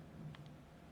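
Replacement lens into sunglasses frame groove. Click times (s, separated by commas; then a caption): 0.4 s. A replacement plastic lens is pressed into the grooves of an Oakley Frogskins (Asian Fit) OO9245 sunglasses frame by pushing down its exposed corners. A short, sharp click sounds at 0.4 s, followed by a fainter tick at 0.5 s over quiet low background noise. The lens is seated in the frame.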